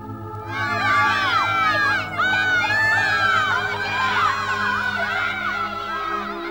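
A crowd of children shouting and screaming together outside, coming from the house next door at number 11, a dense overlapping din of high, excited voices that stays loud and continuous, with a brief dip partway through before resuming.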